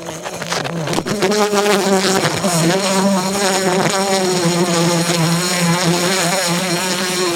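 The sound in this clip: Bumblebee in flight, a continuous deep buzz with slightly wavering pitch.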